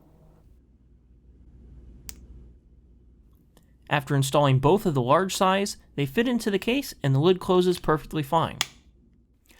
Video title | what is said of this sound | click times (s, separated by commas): CharJenPro AirFoams Pro Form Fit - Unboxing and Review | installing them is pretty straightforward and they click into place easily | 2.1 s